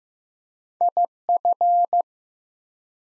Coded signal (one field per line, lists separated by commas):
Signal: Morse code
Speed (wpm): 15 wpm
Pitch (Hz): 700 Hz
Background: none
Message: IF